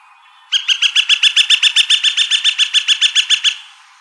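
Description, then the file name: Gilded Flicker: a quick, regular series of sharp wik notes, roughly three seconds long. Recorded by Deviche, apparently on 29 March 2003. "GIFL deviche"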